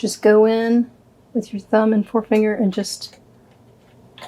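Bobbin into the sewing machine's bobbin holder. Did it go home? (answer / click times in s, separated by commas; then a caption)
yes / 4.2 s. A bobbin is gripped between thumb and forefinger and pushed into the bobbin holder of a Kenmore Model 117.59 rotary sewing machine while someone talks. At 4.2 s a short, sharp snap is heard as the bobbin clicks into place, seated in its holder.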